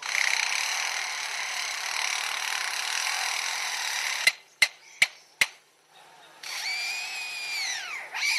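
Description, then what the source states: Lyrebird mimicking machinery: a harsh, grinding mechanical drone, four sharp clicks, then a whining, tool-like tone that drops away at the end. Lyrebird native to Australia that lived near a construction zone and learned to mimic the sounds heard there, producing an industrial racket.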